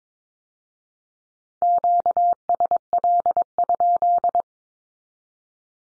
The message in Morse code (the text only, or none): QSL?